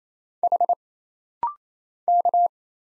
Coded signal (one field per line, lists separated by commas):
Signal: Morse code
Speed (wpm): 27 wpm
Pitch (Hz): 700 Hz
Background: none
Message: H K